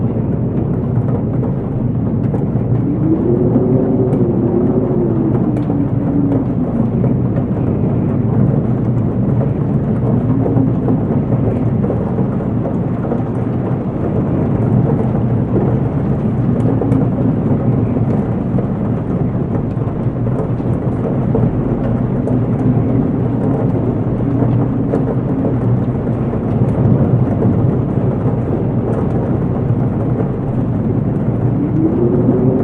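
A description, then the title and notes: Steady wind roars outside at night, a dense low rumble with faint rising and falling howls, muffled and dull as if heard indoors. It's a Chilly Windy Night Outside This Attic Loft (a Cozy Rainy Night).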